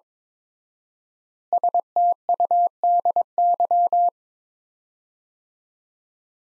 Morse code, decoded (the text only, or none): STUDY